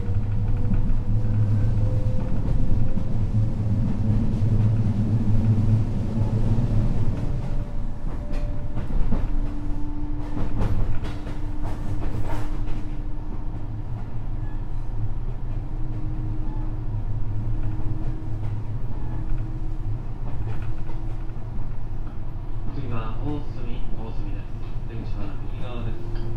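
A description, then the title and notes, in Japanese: Onboard recording of a JR West Series 207 electric train running on a rapid service, with a heavy, steady low rumble throughout. A motor tone rises in pitch during the first eight seconds, then shifts to a level whine; sharp rail clicks and brighter squeals appear near the end. JR西日本 207系電車 学研都市線快速 京橋から木津まで。西日本旅客鉄道207系電車の走行音です。学研都市線の快速列車で録音しました。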